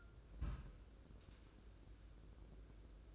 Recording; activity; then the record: daily activity, microphone in the room; place on stove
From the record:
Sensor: 2